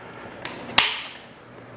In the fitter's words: and it clicks into place